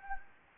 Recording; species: mosquito wingbeat signal from an infrared sensor; Anopheles gambiae